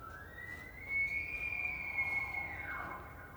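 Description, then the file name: Elk bugle, a long, high, pure whistle rising slightly, held steady, then sliding down at the close over quiet background hiss. Bull elk with cows; recorded 18 October 2015. "Elk Bulland Cows 20151018"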